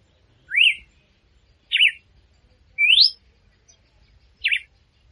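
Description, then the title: Red-cowled cardinal whistling four distinct notes: an arched slur, a zigzag, a rising sweep and another zigzag. Female singing to stimulate the male. "Canto Galo Campina Fêmea 01. Fêmea de Galo de Campina Cantando para Foguear o Macho"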